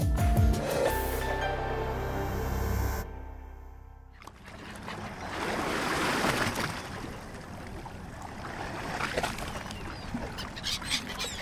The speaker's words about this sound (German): Das Wasser rauscht, das Wasser schwoll.